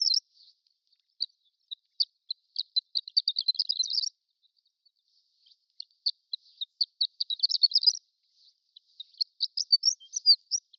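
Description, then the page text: Horned lark, extended high twittering in three bursts: scattered thin chips building into dense tinkling runs, with short quiet gaps between. Prairie horned lark subspecies; extended twittering. "Prairie Horned Lark Extended Twittering. Quick Sounds library"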